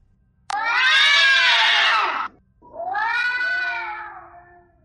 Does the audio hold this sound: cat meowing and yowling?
yes